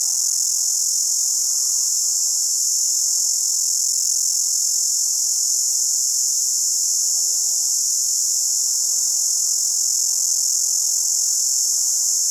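Cicada call: one unbroken, high-pitched hissing drone that holds steady and even from start to finish, with no other clear sounds.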